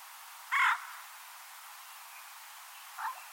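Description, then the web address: Bird giving one loud, harsh caw, followed a few seconds later by a much fainter short note. "Deverinetal 2025 File origin Bird Only"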